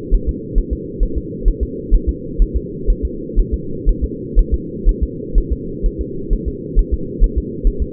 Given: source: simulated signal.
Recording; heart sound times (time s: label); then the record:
fetal heart sounds
0.15 s: S1
0.29 s: S2
0.58 s: S1
0.73 s: S2
1.03 s: S1
1.18 s: S2
1.48 s: S1
1.63 s: S2
1.95 s: S1
2.09 s: S2
2.42 s: S1
2.56 s: S2
2.90 s: S1
3.05 s: S2
3.40 s: S1
3.54 s: S2
3.89 s: S1
4.04 s: S2
4.39 s: S1
4.54 s: S2
4.89 s: S1
5.03 s: S2
5.38 s: S1
5.53 s: S2
5.86 s: S1
6.01 s: S2
6.33 s: S1
6.48 s: S2
6.79 s: S1
6.94 s: S2
7.24 s: S1
7.38 s: S2
7.67 s: S1
7.82 s: S2
From the record:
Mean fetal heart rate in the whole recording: 130 bpm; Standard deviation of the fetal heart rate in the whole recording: 4 bpm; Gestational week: 38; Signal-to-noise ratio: -4.3 dB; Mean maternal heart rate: 72 bpm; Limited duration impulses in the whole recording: absent